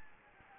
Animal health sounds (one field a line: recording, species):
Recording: mosquito wingbeat signal from an infrared sensor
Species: Anopheles gambiae